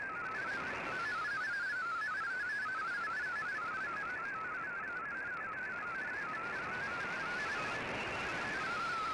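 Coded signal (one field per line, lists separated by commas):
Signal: multi-tone FSK (Olivia or MFSK type)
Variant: MFSK32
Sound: rapid warbling single tone hopping among many pitches, continuous, over radio hiss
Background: radio static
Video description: Here is my decode of the Shortwave Radiogram broadcast today on 15770Khz shortwave radio at 1300UTC in MFSK32 and 64 with 10 SSTV images.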